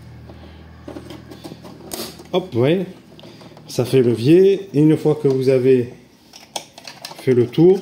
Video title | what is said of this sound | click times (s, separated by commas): Remplacement joint de siège cafetière Krups Dolce Gusto | voir, hein, on va entendre les clips se défaire. | 1.9 s